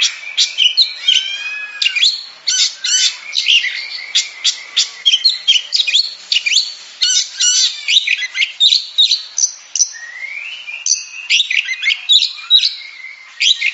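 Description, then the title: Oriental magpie-robin singing a fast, jumbled medley of sharp chips, rasping notes and clear rising whistles, delivered in rapid bursts throughout with brief gaps. Champion singing bird. "Kicau Burung Kacer Juara"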